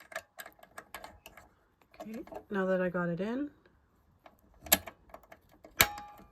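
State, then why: Seated. A bobbin case is pressed into the hook assembly of a Pfaff 296 sewing machine until it snaps into place. Light ticking and someone talking come first, then two sharp, loud clicks at 4.7 s and 5.8 s as the bobbin case seats.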